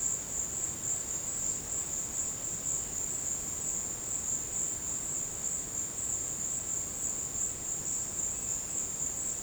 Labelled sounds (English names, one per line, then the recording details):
none
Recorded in secondary vegetation near Puerto Asís, Putumayo, Colombia, on 19 March 2025 at 15:00
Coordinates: 0.485, -76.322
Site G040